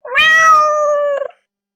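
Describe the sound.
Cat giving a single clear meow, a rich tonal cry held level for about a second before breaking off abruptly; nothing else heard.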